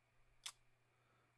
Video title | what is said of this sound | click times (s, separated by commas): Unboxing Motorola Moto360 Gen 3 Smartwatch | of a magnetic click to it um | 0.5 s